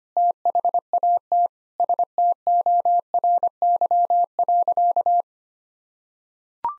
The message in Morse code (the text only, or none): THAT STORY.